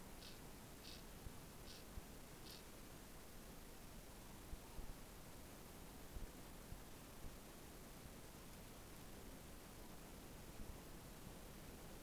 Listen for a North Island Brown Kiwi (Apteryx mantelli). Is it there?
no